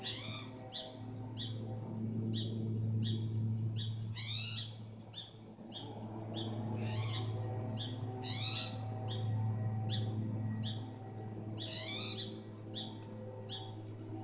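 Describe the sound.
Spotted towhee calling: quick raspy upslurred notes repeated rapidly throughout, over a constant low droning hum.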